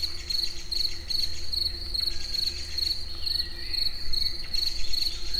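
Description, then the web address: Cricket chirps, shrill and evenly spaced, continuing throughout with a low droning hum and faint background noise. Recorded outdoors in nature at the Eger tourist house. "tucsok. munkazaj esbagolyis egerturistahaz"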